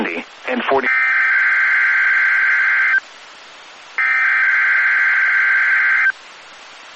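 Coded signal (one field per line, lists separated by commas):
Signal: Emergency Alert System (SAME) tones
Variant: header bursts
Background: speech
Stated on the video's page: NOAA Weather Radio required weekly test tones.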